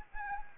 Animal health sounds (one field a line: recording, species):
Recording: mosquito wingbeat signal from an infrared sensor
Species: Anopheles arabiensis